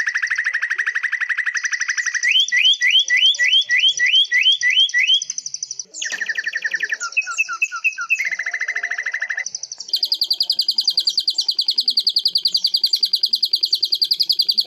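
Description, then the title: Leafbird singing fast trills on two pitches, then a run of quick rising slurred whistles, broken chatter, and finally a long, very high, rapid trill. "CUCAK IJO"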